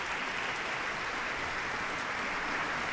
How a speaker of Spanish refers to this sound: Y escuchamos el aplauso.